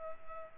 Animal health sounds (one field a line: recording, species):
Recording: mosquito wingbeat signal from an infrared sensor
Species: Culex pipiens